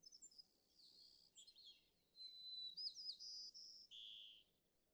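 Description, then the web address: White-crowned sparrow song: high whistled notes, then a run of buzzy, trilled phrases that end on a lower buzz. "birdsongforthecurious White-crowned Sparrow"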